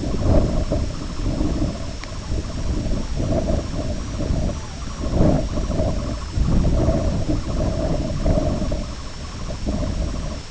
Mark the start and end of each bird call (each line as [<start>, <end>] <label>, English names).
[0.00, 10.43] Sanderling